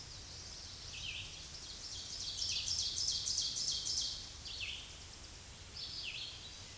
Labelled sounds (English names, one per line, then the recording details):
Ovenbird song
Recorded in a Pennsylvania forest on 16 May 2024 at 07:59
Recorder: AudioMoth, point MSD-2083
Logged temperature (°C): 16.7 °C
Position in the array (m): 149 m, 2 m